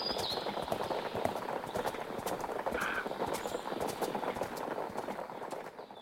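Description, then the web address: Horses galloping, rapid overlapping thuds of many hooves pounding steadily throughout, with a brief soft tonal sound midway. A herd of horses galloping. "Pferde Galoppierende Herde"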